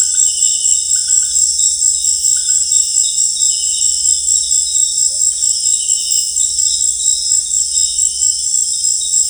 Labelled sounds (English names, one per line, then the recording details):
none
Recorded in dense forest near Puerto Asís, Putumayo, Colombia, on 26 December 2024 at 18:30
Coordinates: 0.484, -76.325
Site G056